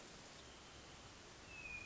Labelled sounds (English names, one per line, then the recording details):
Hermit Thrush
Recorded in Sonoma County, California